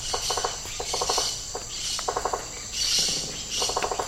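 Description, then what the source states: Rainforest insects chorusing: rising and falling waves of high buzzing drone with repeated groups of rapid clicking pulses. Insect chorus recorded in tropical rainforest habitat.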